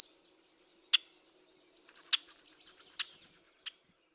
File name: rusty blackbird